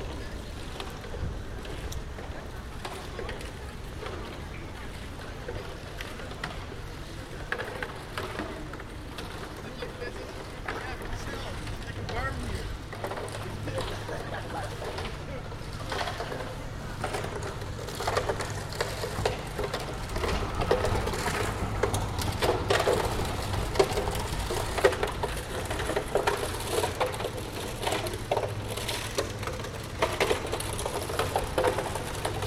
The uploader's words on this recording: Betonmolen/Concrete mixer Den Haag. Concrete mixer, some traffic, a radio and pedestrians on the Spui.